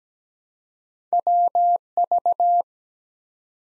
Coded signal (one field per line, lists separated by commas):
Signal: Morse code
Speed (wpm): 17 wpm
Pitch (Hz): 700 Hz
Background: none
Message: WV